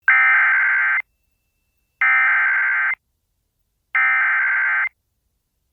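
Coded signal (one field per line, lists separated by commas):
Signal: Emergency Alert System (SAME) tones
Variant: header bursts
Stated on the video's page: Severe Thunderstorm Warning alert with valid EAS tones.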